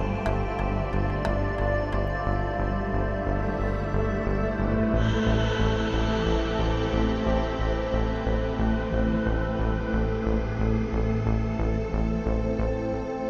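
Koshi chimes and a dream harp ring together in a dense, steady wash of sustained, overlapping tones. Deep low notes hum underneath throughout. Around five seconds a brighter, shimmering layer joins and stays, with occasional light high pings scattered early on.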